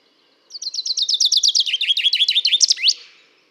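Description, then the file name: Common chaffinch song: a rapid series of bright notes that drops in pitch, ending in a sharp rising flourish, about two and a half seconds long. "Fringilla coelebs"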